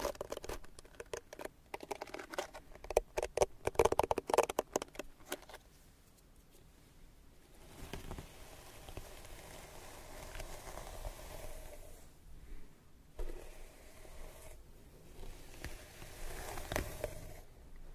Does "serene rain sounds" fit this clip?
no